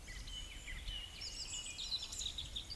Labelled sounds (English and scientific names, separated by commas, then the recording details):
Eurasian Woodcock (Scolopax rusticola) whistle, Eurasian Woodcock (Scolopax rusticola) croak
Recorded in Baden-Württemberg, Germany, on 11 June 2021 at 19:42 UTC
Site 24608, 624 m above sea level